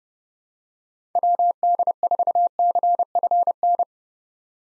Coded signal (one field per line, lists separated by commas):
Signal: Morse code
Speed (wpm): 30 wpm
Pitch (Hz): 700 Hz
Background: none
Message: WD4CFN